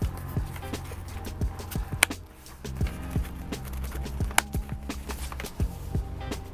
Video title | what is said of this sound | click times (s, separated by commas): FOX V3 RS Carbon Solid MIPS Motocross Helmet Care Guide | as you're snapping the headliners in you'll hear it good pop that means you're good to go | 2.0 s, 4.4 s